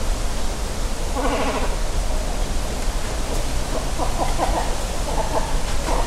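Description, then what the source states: Great cormorant colony calls: one harsh, gargling bleat near the start, then several shorter, quieter croaks over constant low background noise. Great cormorant colony beginning to nest at Hayashi, Ritto City, Shiga Prefecture, Japan; EM172 stereo mics fixed to a tree about 30 cm across, Sony ECM-M10 recorder.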